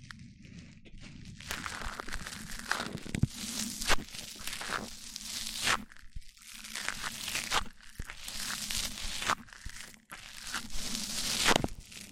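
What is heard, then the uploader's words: Close-up microphone triggers: crinkly, scratchy rubbing and tapping right against the mic, in bursts that swell and fade every second or two, with brief near-silent gaps around six and ten seconds. A low hum sits underneath throughout, and the sounds feel very near. ASMR MIC ON MIC Triggers Richer Sounds, Intense Tingles! (No Talking).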